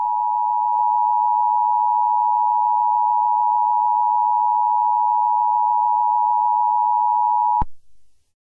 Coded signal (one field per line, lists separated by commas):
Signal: Emergency Alert System (SAME) tones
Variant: 853 and 960 Hz attention tone